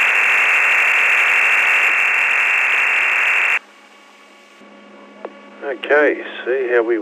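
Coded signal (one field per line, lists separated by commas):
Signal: digital SSTV (DRM)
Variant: EasyPal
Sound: steady wide rushing hiss for 3.5 seconds, abrupt stop, then a man talking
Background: speech, radio static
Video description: About 20 photos were exchanged on this net. These can be decoded from the audio stream on this clip by using EASYPAL DSSTV freeware.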